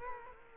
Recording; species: mosquito wingbeat signal from an infrared sensor; Culex quinquefasciatus